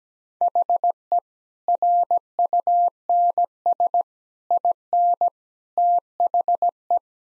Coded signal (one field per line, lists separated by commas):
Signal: Morse code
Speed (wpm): 17 wpm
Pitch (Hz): 700 Hz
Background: none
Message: HE RUNS IN THE